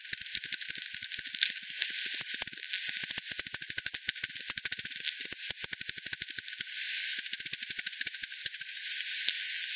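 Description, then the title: Bat echolocation clicks in quick regular trains, some passages evenly spaced and others crowding together, fading toward a quieter, hissy ending. Multiple bats at the Hogsmill River, Hogsmill Lane, 7 October 2020 at 18:10 UTC; recorded with frequency division by ten, band-pass filtered and resampled. "bat 20201007 T 18 : 10 Z-Hogsmill-Lane-Hogsmill-River-multiple-bats"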